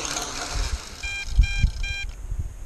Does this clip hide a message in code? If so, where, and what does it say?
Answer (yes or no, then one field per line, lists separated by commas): no